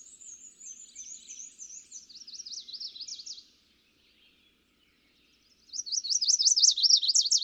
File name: Chestnut-sided Warbler